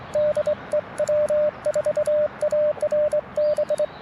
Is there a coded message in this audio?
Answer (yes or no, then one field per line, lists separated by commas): yes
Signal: Morse code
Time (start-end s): 0.2-3.9 s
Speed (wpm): 24 wpm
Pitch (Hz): 600 Hz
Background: radio noise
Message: DE W4ARB